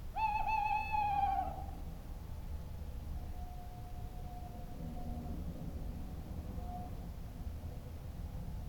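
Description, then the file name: Owl call opening with a wavering, slightly falling harmonic note, followed by faint drawn-out tones, all above a constant low city rumble. Owl calls in a forest at night, with city background atmosphere. "Forest Owl Calls In The Night City Atmosphere"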